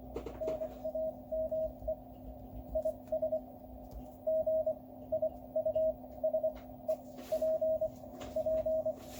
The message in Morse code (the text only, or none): NAME IS GIUSEPP